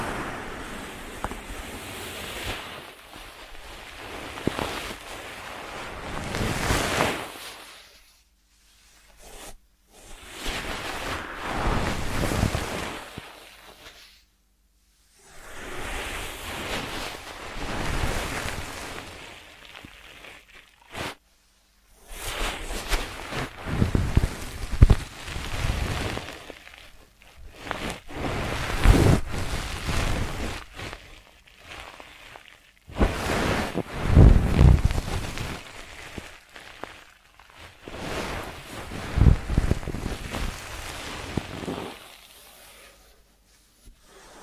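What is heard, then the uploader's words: ASMR ear treatment sounds: repeated bursts of soft, hissing rustles and swishes, each lasting a few seconds and swelling and fading like waves, separated by brief silent gaps. Later bursts carry occasional dull low thumps among the scratchy texture. ASMR 3D Brain Penetrating Ear Treatment.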